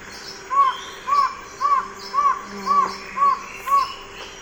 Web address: Natures Songs S America Eastern Lowlands White-shouldered Antshrike